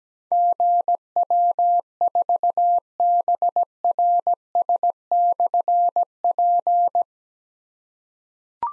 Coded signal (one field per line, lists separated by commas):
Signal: Morse code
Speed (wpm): 17 wpm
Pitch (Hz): 700 Hz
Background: none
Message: GW4BRS/P